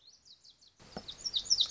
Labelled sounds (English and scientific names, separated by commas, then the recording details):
Lazuli Bunting (Passerina amoena)
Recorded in Sonoma County, California